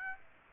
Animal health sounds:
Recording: mosquito wingbeat signal from an infrared sensor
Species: Aedes aegypti

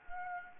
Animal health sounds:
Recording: mosquito wingbeat signal from an infrared sensor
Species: Anopheles gambiae

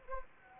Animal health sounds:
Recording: mosquito wingbeat signal from an infrared sensor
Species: Anopheles gambiae

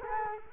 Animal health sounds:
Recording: mosquito wingbeat signal from an infrared sensor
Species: Culex quinquefasciatus

